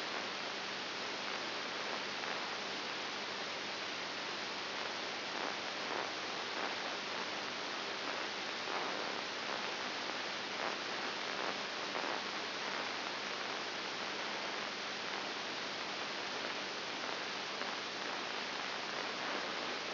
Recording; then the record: brain microelectrode recording played as sound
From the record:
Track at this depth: outside the subthalamic nucleus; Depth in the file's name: 7.3 mm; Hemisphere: left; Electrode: 2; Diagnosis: Parkinson's disease